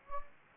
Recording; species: mosquito wingbeat signal from an infrared sensor; Anopheles gambiae